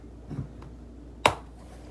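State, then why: Released. A hand reaches into a Voss motorcycle helmet and pops the third snap button of the cheek pad or liner, up near the latch, out of the helmet shell. After a soft low thump around 0.4 s and a faint tick at 0.6 s, a sharp, bright click sounds at 1.3 s, and the button is released.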